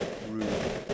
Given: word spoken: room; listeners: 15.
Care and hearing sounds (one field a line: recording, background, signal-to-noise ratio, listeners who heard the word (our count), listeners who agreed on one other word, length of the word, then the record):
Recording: one English word in noise, from a listening test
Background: noise modulated by three-talker babble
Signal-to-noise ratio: -3.6 dB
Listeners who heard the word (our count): 5 of 15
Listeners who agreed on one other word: 7 of 15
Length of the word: 0.54 s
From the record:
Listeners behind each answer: 7, 5, 1, 1, 1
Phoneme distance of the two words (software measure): 10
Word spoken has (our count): 1 syllable, 3 phonemes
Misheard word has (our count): 1 syllable, 3 phonemes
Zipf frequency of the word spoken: 5.60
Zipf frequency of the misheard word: 4.27